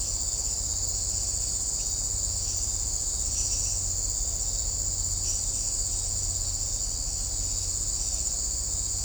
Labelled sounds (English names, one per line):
none